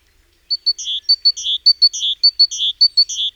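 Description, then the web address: Great tit calling: paired high, clipped notes each followed by a grating buzz, repeated five times in steady succession. "SETE Parus major"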